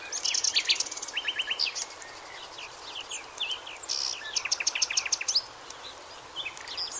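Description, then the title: Bird chirping busily, with quick series of repeated sharp notes near the start and again around the fifth second, against constant hiss. "LuckyPassaro Completos2Sama"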